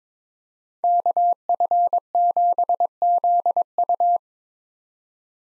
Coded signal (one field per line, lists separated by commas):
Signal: Morse code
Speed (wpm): 22 wpm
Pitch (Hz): 700 Hz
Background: none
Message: KF7ZU